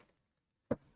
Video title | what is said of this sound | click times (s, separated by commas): Would A Bare-Bones SmartDoll Get You To Buy Despite The Tariffs? | You push it till it clicks in. | 0.7 s